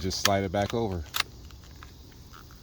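The buttstock of a Sig Sauer MCX pellet air rifle is being slid back over onto the receiver after loading while someone talks. A few faint, sharp handling taps follow in the quiet afterward. The clip ends before the buttstock goes home, and nothing has clicked into place yet.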